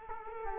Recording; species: mosquito wingbeat signal from an infrared sensor; Culex quinquefasciatus